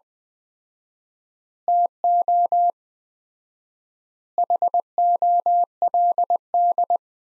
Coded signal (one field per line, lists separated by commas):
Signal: Morse code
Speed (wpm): 21 wpm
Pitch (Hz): 700 Hz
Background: none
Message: TO HOLD